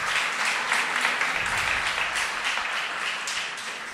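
An audience applauds in welcome for a visitor, a steady wash of many hands clapping at once, dense and sustained for several seconds without easing off.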